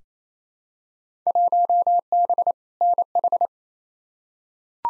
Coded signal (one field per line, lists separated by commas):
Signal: Morse code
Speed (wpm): 28 wpm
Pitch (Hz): 700 Hz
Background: none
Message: 1B NH